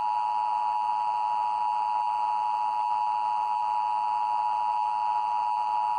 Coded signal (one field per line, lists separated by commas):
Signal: Emergency Alert System (SAME) tones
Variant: 853 and 960 Hz attention tone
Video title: EAS Scenario: Sanitized Desti